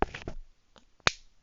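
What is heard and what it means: A plastic cap is pushed back onto the barrel of an alcohol marker so it is on tight, clipped on good and sturdy. A few soft handling taps come in the first 0.4 s, then a faint tick, and a single sharp, bright click at 1.1 s as the cap seats on the marker.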